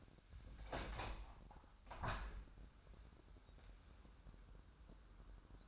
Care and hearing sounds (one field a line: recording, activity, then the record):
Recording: daily activity, microphone in the room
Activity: open window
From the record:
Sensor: 2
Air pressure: 997.8 hPa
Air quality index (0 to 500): 132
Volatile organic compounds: 3 ppm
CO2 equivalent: 1485 ppm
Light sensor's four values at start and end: 11/32/13/12 and 11/32/13/12